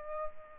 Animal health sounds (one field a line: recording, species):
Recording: mosquito wingbeat signal from an infrared sensor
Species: Aedes albopictus